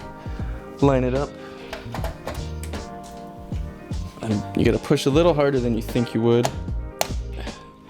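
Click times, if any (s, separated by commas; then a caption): 7.0 s. An MSI RTX 2060 graphics card is lined up and pushed firmly down into the motherboard's PCIe slot while someone talks over background music, with a few soft taps along the way. A single sharp click at 7.0 s marks the slot's retention latch catching as the card seats.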